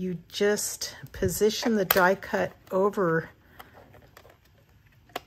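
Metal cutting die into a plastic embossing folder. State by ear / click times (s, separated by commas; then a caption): seated / 5.2 s. Someone talks, then a thin metal cutting die is positioned over a plastic hybrid embossing folder and pressed down, with a few faint taps as it is set in place. A sharp snap at 5.2 s marks the die seating into the folder.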